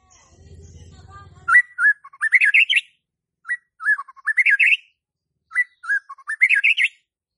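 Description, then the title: White-rumped shama song: a low buzzing hum at first, then three repeated whistled phrases that rise in pitch, about two seconds apart. Lure song used to provoke stressed White-rumped shamas that have stopped singing into song. "PANCINGAN Murai Batu STRES & MACET"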